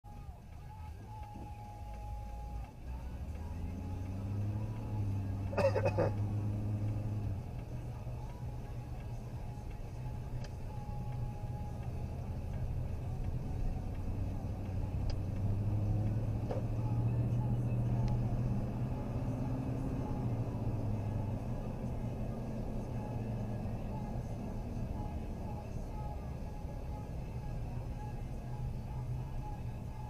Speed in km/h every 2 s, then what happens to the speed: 0, 6, 19, 26, 24, 24, 31, 34, 40, 48, 50, 45, 34, 27, 24.
1-5 pulls away to 26. 5-10 steady at about 24. 10-19 speeds up to 50. 19-30 slows to 24.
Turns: 8-12.